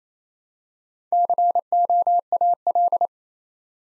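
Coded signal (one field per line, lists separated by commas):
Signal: Morse code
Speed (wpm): 27 wpm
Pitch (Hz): 700 Hz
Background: none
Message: COAL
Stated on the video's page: Morse code practice building four-letter words two letters at a time at 28 wpm, for beginners working on instant character recognition.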